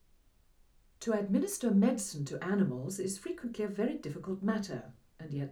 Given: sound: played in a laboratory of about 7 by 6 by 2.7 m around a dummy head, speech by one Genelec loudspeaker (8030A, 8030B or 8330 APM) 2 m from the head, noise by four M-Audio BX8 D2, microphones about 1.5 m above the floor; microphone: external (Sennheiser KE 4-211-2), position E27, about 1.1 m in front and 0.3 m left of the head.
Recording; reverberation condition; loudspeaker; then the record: female speech in English; low; 90 degrees to the left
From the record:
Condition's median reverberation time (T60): about 310 ms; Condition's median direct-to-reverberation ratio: about 3.5 dB